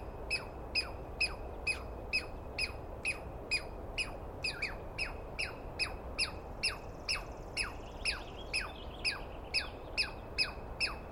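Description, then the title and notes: Douglas squirrel in a long, relentless run of sharp, descending notes, around two dozen, slightly uneven in pace, over a soft background hush. Screaming Douglas Pine Squirrel, one animal, recorded at dawn on 21 April 2017 in the East Cascades, calling for a long while; recordist not fully certain of identification. "On the morning of 21 April, 2017, I set up my microphones and recorder for a nice dawn recording in the East Cascades. I was started awake by a screaming Douglas Pine Squirrel"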